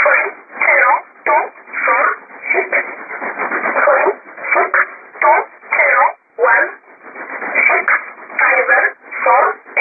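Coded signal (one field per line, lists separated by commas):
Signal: numbers station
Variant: E11 Oblique, English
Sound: a voice over single-sideband radio speaking short words separated by brief pauses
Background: radio static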